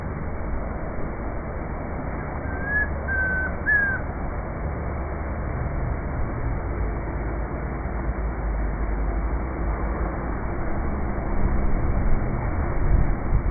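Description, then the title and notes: Chestnut-crowned antpitta giving a clear three-note whistle once, over a constant low rumble. Locally called Comprapán; recorded 2 July 2025 on a farm in Bogotá, Colombia, during a birding outing; Zoom H5 recorder with SGH-6 microphone. "Grallaria ruficapilla o Comprapán. Esta captura fue hecha el día 2 de julio del año 2025, en la Finca Zarautz Claustro Moderno, en Bogotá, Colombia."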